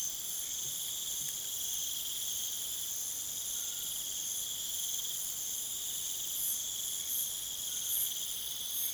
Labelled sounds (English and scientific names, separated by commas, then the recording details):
none
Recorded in pastures near Puerto Asís, Putumayo, Colombia, on 27 June 2025 at 22:30
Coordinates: 0.486, -76.323
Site H29